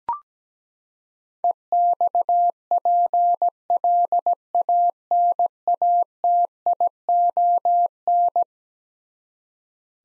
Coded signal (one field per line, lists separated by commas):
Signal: Morse code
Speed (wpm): 17 wpm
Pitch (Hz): 700 Hz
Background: none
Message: EXPLANATION